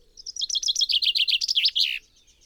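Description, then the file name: Common chaffinch song, one full phrase of rapid chipping notes that speeds and drops in pitch before a terminal flourish. "Fringilla coelebs"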